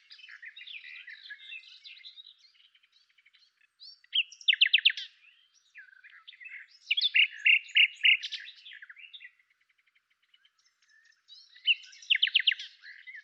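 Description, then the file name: Common nightingale song with soft chattering between three loud phrases of fast repeated notes, each lasting about a second. "Luscinia megarhynchos"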